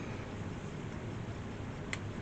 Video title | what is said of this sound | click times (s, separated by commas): Updating Lima Siphon G`s | there you are. This time it's gone in and it's clicked into place | 1.9 s